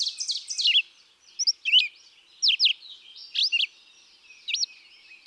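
Red-eyed vireo song: a busier burst at the start, then short whistled phrases, each a quick slurred note, given with brief pauses between.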